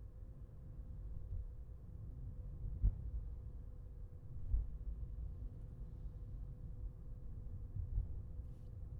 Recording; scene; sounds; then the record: everyday scene through a hearing-aid microphone; in a vehicle; engine, highway traffic jam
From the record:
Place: Skoda Fabia, gasoline engine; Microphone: behind the ear, left, rear